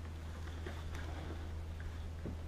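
A plastic bolt cap is handled at the base of a toilet, about to be pressed over a floor bolt. Under a steady low hum, soft faint taps and rustles are heard. Nothing has snapped into place yet.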